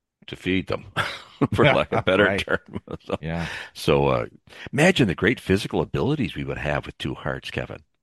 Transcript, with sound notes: to feed them, for lack of a better term. (laughs)
Right. Yeah.
So, uh, imagine the great physical abilities we would have with two hearts, Kevin.